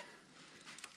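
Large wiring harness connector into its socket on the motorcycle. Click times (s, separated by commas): 0.8 s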